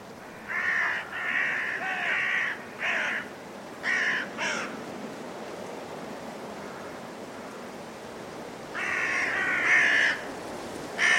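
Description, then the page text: Carrion crow giving several harsh caws early on and another run near the end, with blustery wind throughout. Five in trees before roosting; blustery force 6 wind; winter; Woodchester Park, Gloucestershire. "A group of five Carrion Crows in the trees, before roosting, during a blustery force 6 wind. Recorded in winter at Woodchester Park, Gloucestershire by Richard Margoschis. British Library"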